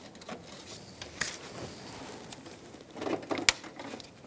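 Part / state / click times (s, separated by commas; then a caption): harness electrical connector into mating connector / seated / 3.5 s. A plastic electrical harness connector on a 2002–2006 Honda CR-V, during a starter replacement, is routed underneath and pushed into its mating connector. Soft handling rustle and a few light taps around 1.0 and 1.2 seconds lead into plastic rattling near 3.4 seconds. A sharp, bright click at 3.5 seconds marks the connector clicking in and seating.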